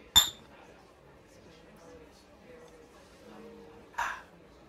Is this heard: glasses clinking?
yes